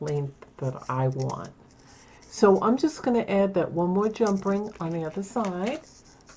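Someone talks while handling a metal jump ring that is being added to the end of a necklace chain to lengthen it, with faint handling noises between the words. The clip ends before the ring is closed, so nothing has clicked or seated yet.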